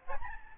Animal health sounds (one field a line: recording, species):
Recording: mosquito wingbeat signal from an infrared sensor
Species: Aedes albopictus